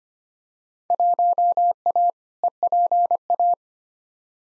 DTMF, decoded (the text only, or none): none